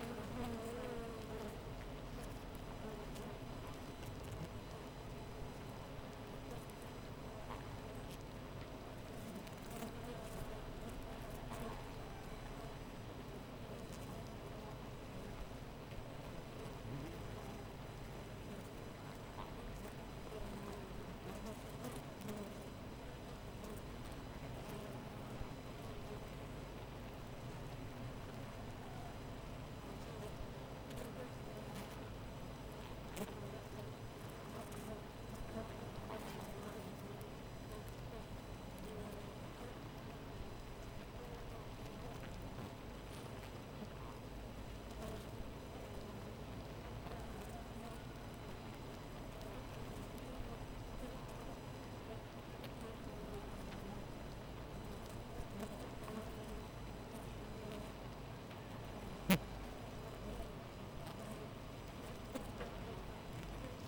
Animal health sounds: honeybee colony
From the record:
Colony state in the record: missing queen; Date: 14 July 2017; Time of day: 4:57

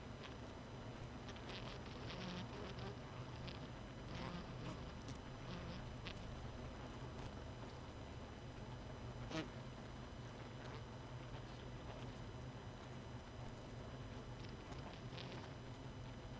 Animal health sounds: honeybee colony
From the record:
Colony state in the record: missing queen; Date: 31 May 2018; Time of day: 1:15

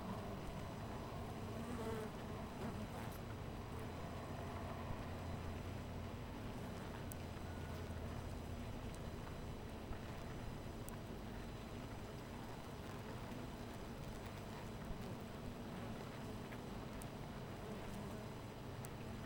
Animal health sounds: honeybee colony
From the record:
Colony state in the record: missing queen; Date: 14 July 2017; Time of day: 13:05

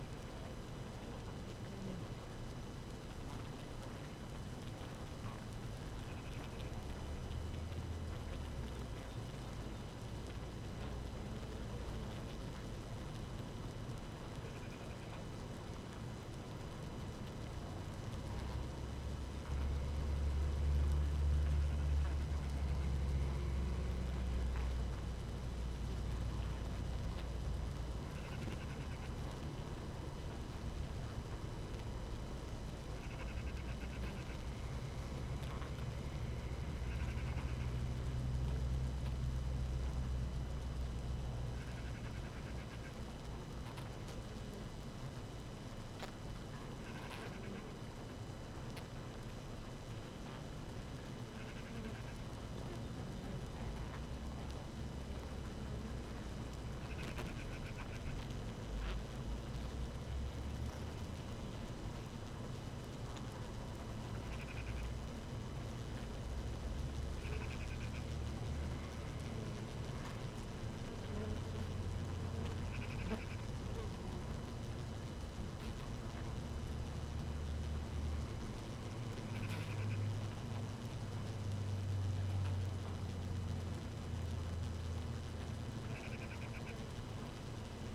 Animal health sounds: honeybee colony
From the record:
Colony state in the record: active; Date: 12 June 2018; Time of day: 6:00

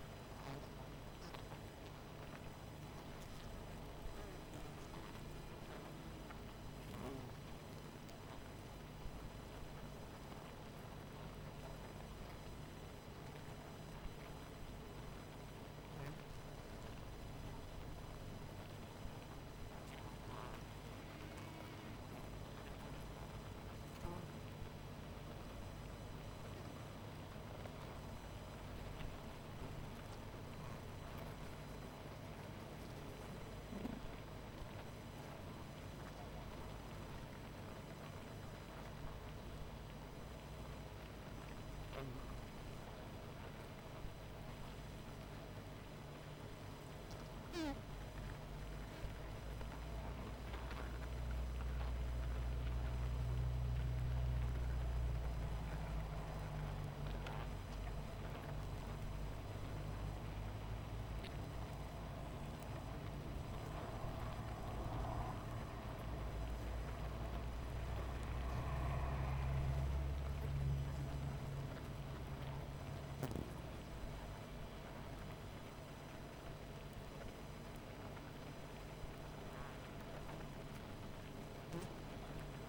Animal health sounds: honeybee colony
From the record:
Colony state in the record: missing queen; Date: 14 July 2017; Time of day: 19:23

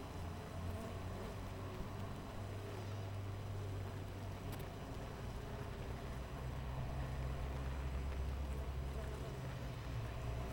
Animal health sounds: honeybee colony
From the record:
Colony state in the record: missing queen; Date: 14 July 2017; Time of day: 6:50

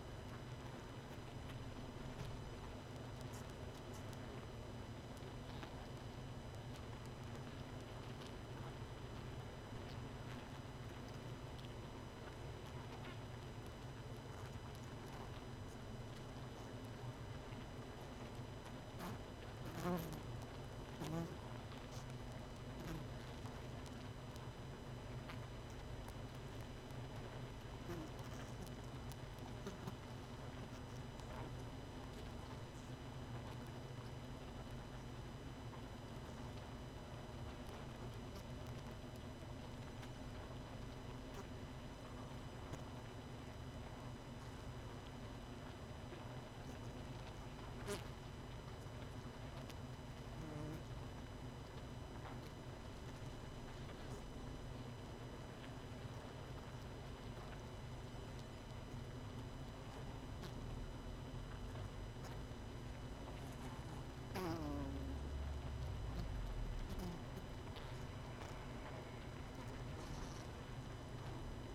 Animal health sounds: honeybee colony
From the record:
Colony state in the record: missing queen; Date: 31 May 2018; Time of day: 21:35

